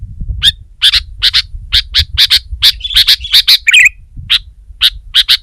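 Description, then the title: Sooty-headed bulbul giving sharp, harsh chirps in a rapid series, over a faint low rumble. "kutilang"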